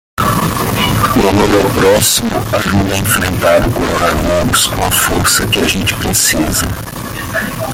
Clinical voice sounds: spoken sentence; Brazilian Portuguese; male; 50 to 59 years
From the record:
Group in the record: control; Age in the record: 50 years

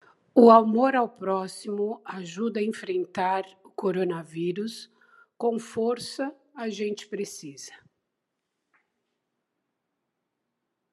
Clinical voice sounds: spoken sentence; Brazilian Portuguese; female; 60 to 69 years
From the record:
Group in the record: control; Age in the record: 60 years

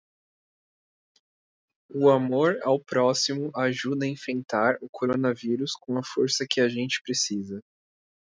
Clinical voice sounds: spoken sentence; Brazilian Portuguese; male; 20 to 29 years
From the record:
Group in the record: control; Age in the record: 26 years

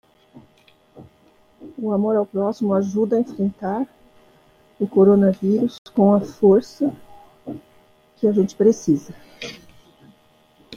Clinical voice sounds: spoken sentence; Brazilian Portuguese; female; 60 to 69 years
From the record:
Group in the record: control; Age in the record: 62 years

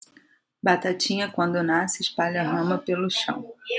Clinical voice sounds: short text; Brazilian Portuguese; female; 30 to 39 years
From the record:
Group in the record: control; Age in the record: 38 years

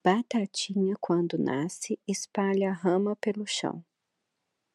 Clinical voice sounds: short text; Brazilian Portuguese; female; 30 to 39 years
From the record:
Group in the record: control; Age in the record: 34 years

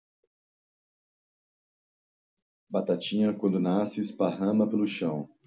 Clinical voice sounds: short text; Brazilian Portuguese; male; 40 to 49 years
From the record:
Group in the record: control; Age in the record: 46 years

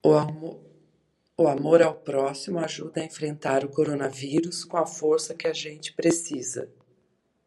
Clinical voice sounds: spoken sentence; Brazilian Portuguese; female; 50 to 59 years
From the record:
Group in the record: control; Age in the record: 56 years

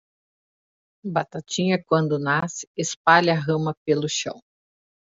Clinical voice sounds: short text; Brazilian Portuguese; female; 40 to 49 years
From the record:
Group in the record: control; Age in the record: 41 years

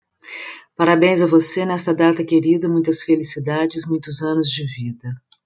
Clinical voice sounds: short text; Brazilian Portuguese; female; 60 to 69 years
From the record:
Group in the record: control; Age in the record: 65 years

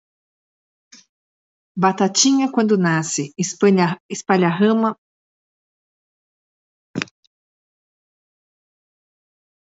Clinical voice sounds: short text; Brazilian Portuguese; female; 50 to 59 years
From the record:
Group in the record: control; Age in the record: 55 years

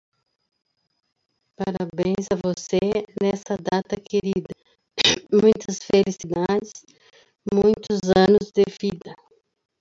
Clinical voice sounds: short text; Brazilian Portuguese; female; 60 to 69 years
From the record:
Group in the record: control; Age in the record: 61 years

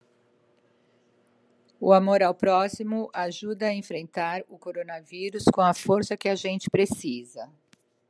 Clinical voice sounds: spoken sentence; Brazilian Portuguese; female; 50 to 59 years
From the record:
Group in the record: control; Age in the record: 58 years

